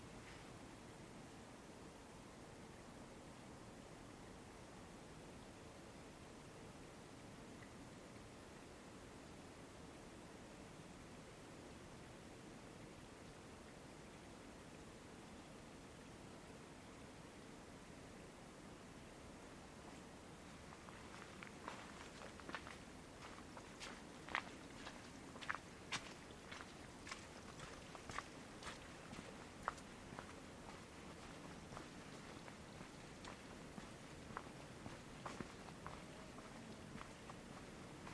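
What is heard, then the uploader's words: Forest Park in winter: a steady low outdoor hiss for twenty seconds, then crisp crunching footsteps at an uneven pace until the end. Forest Park in Winter.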